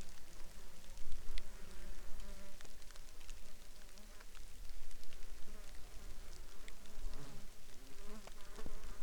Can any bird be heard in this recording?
no